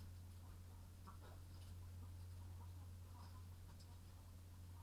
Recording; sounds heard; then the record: poultry house recording; sick chickens (respiratory disease)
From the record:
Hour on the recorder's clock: 21